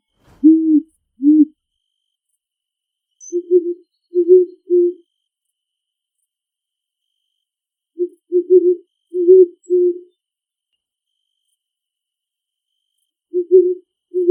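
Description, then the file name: Great horned owl hooting: low, soft hoots given in clusters of two to five, with a few seconds of silence between clusters. Calling in a big forest. "Great horned owl call from big forest"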